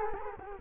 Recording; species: mosquito wingbeat signal from an infrared sensor; Culex quinquefasciatus